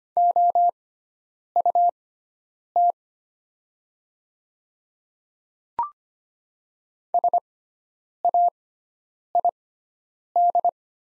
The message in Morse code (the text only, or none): OUT SAID